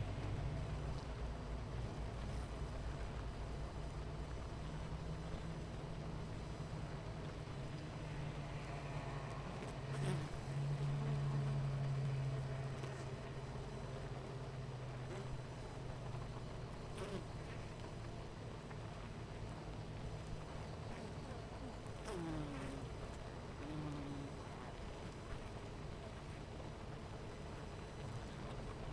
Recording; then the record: honeybee colony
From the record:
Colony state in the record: missing queen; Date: 14 July 2017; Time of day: 9:42